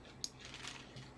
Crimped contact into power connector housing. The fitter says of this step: yep you need to make sure it's satisfying and reassuring yes hear the snap